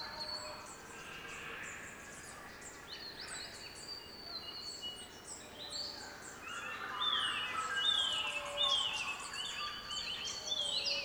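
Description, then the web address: Dense birdsong: high whistles and chips throughout, growing busier after seven seconds with bright sliding whistled phrases and fast twittering. Mixed birdsong chorus recorded in Central Victoria, Australia. "andrewskeoch. Central Victorian Birdsong Chorus"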